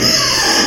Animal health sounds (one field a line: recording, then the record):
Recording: squeal of a Yucatan mini pig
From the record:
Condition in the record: before surgery on the right vocal fold (resection and tissue-engineered implant)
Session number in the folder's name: 2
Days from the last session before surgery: 0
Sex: male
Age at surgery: 12 weeks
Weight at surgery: 13 kg